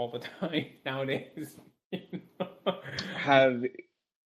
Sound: chuckle